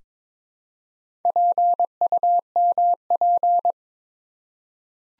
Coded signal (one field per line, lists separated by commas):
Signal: Morse code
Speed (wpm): 22 wpm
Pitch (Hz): 700 Hz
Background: none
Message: PUMP